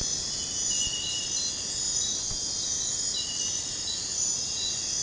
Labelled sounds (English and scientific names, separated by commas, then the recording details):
none
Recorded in dense forest near Puerto Asís, Putumayo, Colombia, on 21 December 2024 at 01:00
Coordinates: 0.466, -76.327
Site G075